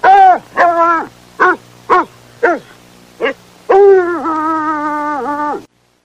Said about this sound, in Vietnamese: Phía xa xa, tiếng chó sủa và kêu ăng ẳng, nghe kinh khủng. Chắc là Actimon và Buratino đang hết sức chống chọi với bọn kia.